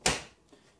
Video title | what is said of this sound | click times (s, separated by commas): Free computer activity for schools and technology classes. | locks into place so there's no that's it and | 0.1 s